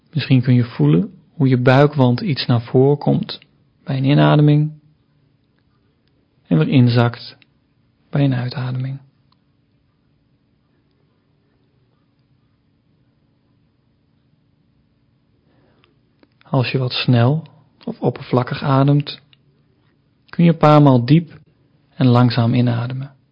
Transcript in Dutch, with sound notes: Misschien kun je voelen hoe je buikwand naar voren komt bij een inademing en weer inzakt bij een uitademing [kleine stilte] Als je wat snel of oppervlakkig ademt kun je een paar maal diep en langzaam inademen.